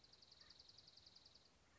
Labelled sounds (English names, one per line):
Dark-eyed Junco